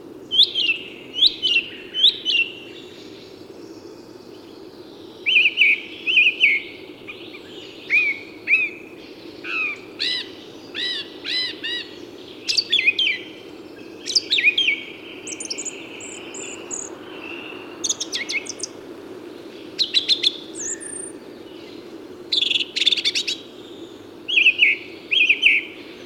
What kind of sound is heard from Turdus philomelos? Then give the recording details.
song. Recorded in the wild. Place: Feldberger Seenlandschaft, Mecklenburg-Vorpommern, DE. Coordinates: 53.417, 13.5. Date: 1984-04-15 10:00. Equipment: Nagra III BH, Sennheiser MD 21, parabola. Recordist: Schubert, Michael. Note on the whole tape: Gesang Singdrossel